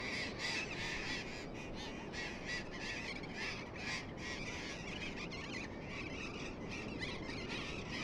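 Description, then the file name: Burrowing parrots squawking harshly in rapid, uneven bursts, many voices overlapping throughout, above a persistent low-pitched rumble. "loros barranqueros"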